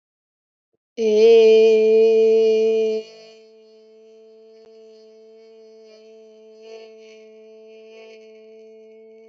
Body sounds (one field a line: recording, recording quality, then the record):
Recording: sustained vowel as in made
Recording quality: excellent, no background noise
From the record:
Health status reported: healthy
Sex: female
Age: 42 years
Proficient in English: yes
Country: India